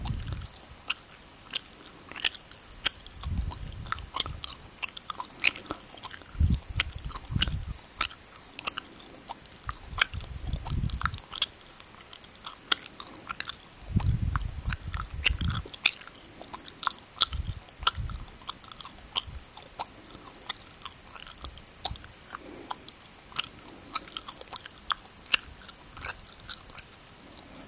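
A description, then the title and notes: Gum is chewed, with sharp wet clicks and smacks snapping out every half second or so throughout. Soft low thumps of the jaw swell underneath in bursts. Eat chewing gum ASMR Very intense and relaxing.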